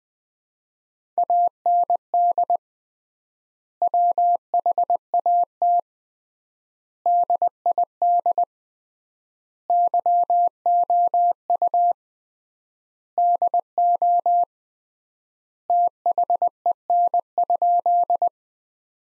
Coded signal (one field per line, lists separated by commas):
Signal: Morse code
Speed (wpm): 20 wpm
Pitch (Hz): 700 Hz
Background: none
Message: AND WHAT DID YOU DO THEN?